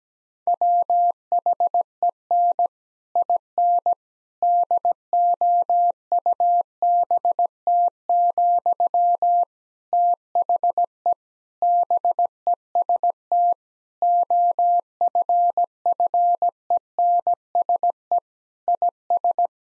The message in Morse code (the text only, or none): WHEN IN DOUBT, THE BEST OFFENSE IS